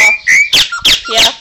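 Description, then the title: Chopi Blackbird song: two clear level whistles, then three loud harsh bursts mixed with short whistled notes, all within about a second and a half. "Passaro Preto"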